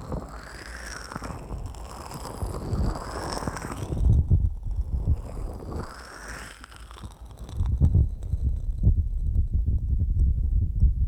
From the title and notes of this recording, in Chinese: 口腔+芦荟胶 助眠asmr。